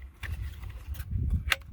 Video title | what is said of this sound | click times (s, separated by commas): 2019 Toyota Rav4 LE Hybrid wireless charger installation | click here click that's a good sound perfect you see how it looks all original guys | 1.5 s